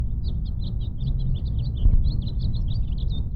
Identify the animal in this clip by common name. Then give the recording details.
House Finch. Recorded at Atlantic Beach West on Long Island, New York, on 2 June 1975. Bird A